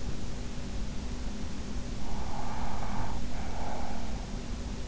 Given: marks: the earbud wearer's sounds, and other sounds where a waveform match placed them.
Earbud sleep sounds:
sounds in sleep by an in-ear microphone; breath
2.06-4.06 s: breath

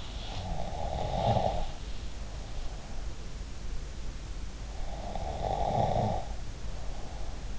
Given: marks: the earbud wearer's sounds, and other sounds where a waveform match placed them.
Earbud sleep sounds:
sounds in sleep by an in-ear microphone; snoring breath
0.17-3.01 s: snoring breath
4.80-7.59 s: snoring breath

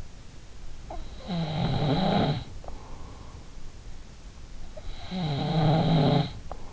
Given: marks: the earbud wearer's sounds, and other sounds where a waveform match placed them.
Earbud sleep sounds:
sounds in sleep by an in-ear microphone; snoring breath
0.56-3.19 s: snoring breath
4.62-6.73 s: snoring breath

